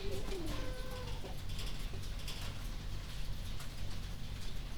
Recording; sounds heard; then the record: poultry house recording; healthy chickens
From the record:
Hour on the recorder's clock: 21